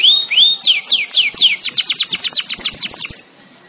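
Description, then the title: Atlantic canary song, two rising whistles followed by a rapid series of descending sweeping notes, with faint clicks underneath. Song in the "kalitan" style, described as "gaya gela gelo". "KENARI KALITAN GAYA GELA GELO"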